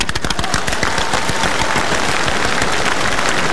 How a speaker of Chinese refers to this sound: 就我们俩是好人啊？这鼓掌的这不都是好人吗？